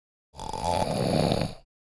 Man snoring violently.